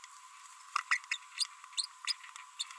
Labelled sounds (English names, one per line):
Green-rumped Parrotlet babbling